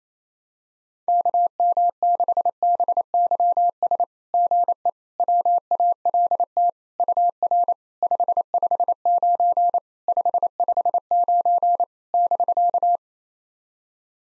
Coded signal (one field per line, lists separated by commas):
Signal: Morse code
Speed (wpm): 28 wpm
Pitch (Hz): 700 Hz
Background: none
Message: KM6BYS GE WALT UR 559 559 <BK>